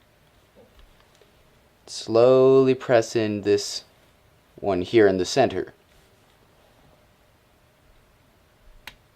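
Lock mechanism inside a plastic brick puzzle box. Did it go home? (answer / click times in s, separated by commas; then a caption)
released / 8.9 s. A plastic brick puzzle box has its center piece pressed in after someone talks. At 8.9 s, the internal lock mechanism gives a single sharp click and releases, pushing a piece out on the other side.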